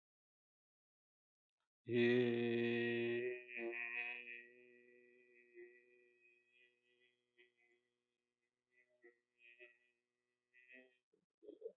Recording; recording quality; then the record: sustained vowel as in made; excellent, no background noise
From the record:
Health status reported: healthy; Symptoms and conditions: hypertension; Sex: male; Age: 55 years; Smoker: not ticked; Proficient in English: yes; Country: India